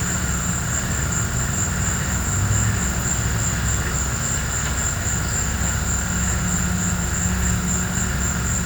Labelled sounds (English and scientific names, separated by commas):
none